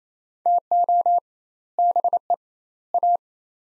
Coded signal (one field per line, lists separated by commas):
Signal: Morse code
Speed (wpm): 28 wpm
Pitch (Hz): 700 Hz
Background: none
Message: TO BE A